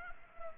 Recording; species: mosquito wingbeat signal from an infrared sensor; Culex pipiens